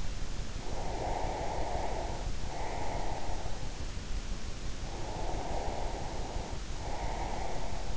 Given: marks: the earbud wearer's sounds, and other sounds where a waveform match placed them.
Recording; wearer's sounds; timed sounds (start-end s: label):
sounds in sleep by an in-ear microphone; breath
0.46-3.68 s: breath
4.81-7.97 s: breath